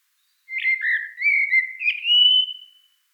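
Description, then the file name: Common blackbird singing one mellow fluted phrase, warbling around a steady pitch before rising into a long drawn-out whistle that fades away. "Turdus merula"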